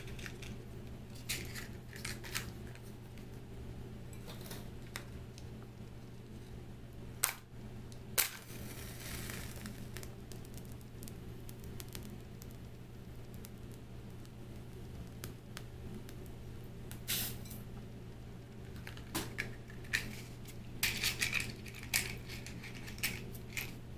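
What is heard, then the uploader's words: A match is struck and small clicks and taps sound over a steady low hum. Scattered sharp ticks appear early, a scratchy burst of flaring hiss comes near eight seconds, and more bright clicks and short hissy flares cluster around seventeen and twenty to twenty-two seconds. Match Lighting Extinguishing. Fire Crackling. Tapping. Glass Sounds.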